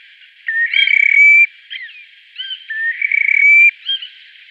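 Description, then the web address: Terek sandpiper display song: two long rippling, trilled phrases about two seconds apart, each rising slightly and ending in a clear whistle, with short sharp notes between. "Schulze Peter Terek Sandpiper display"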